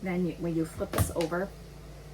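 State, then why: Not seated. Someone talks while flipping over the plastic pivoting mop head on the floor mop handle of a Swiffer Sweep & Mop Deluxe 2-in-1 Multi-Surface Kit, with a few brief handling noises around 0.8 to 1.2 seconds. The head has not locked in place yet, and nothing has seated or clicked by the end of the clip.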